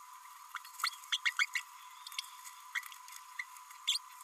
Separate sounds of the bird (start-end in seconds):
0.56-0.58, 0.83-0.89, 1.12-1.17, 1.25-1.33, 1.39-1.46, 1.55-1.61, 3.39-3.44, 3.87-3.98